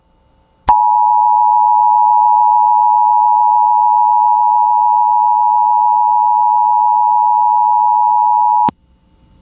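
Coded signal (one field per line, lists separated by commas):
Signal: Emergency Alert System (SAME) tones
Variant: 853 and 960 Hz attention tone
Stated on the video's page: Severe thunderstorm warning for Fresno County, California, relayed by KALT-FM.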